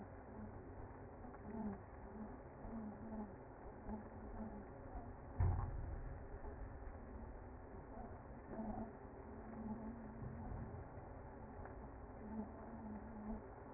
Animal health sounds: honeybee colony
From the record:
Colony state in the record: active

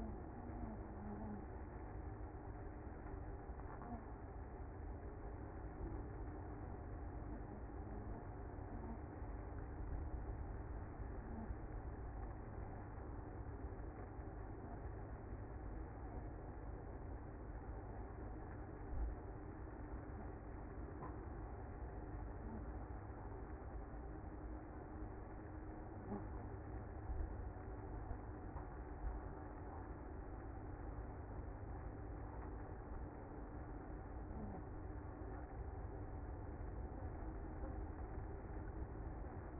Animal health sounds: honeybee colony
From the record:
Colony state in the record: active

